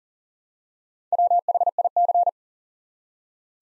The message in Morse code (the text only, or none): WHIC